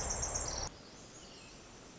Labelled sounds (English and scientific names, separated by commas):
Pacific Wren (Troglodytes pacificus)